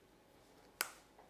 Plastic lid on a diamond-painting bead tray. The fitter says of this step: et hop ça se clipse c'est vraiment sympa